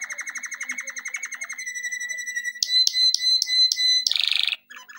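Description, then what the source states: Canary song: a pulsed trill shifting into a long pure whistled tone broken by a series of short bright repeated notes, ending in a harsh buzzy burst. Canary song intended for training.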